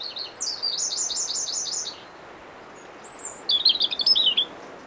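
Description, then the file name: European robin song: a rapid, rhythmic series of high, sweeping notes, a pause, then one high whistle and a quick, jumbled twittering phrase, with soft hiss behind. "Erithacus rubecula"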